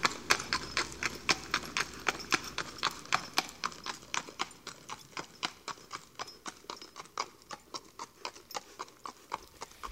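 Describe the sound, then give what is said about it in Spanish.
An old horse's hooves clip-clop in a steady, brisk rhythm, sharp clicky strikes repeating evenly for the whole stretch with no voices. “Yo le había tomado mucho cariño a aquel caballo.”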